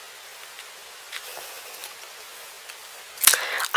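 A compact plastic tampon applicator's plunger section is pulled up to extend it to full size. After a quiet stretch with faint soft rustles, a sharp bright click at 3.3 s marks the plastic plunger section locking into the applicator barrel and snapping into place in its extended position.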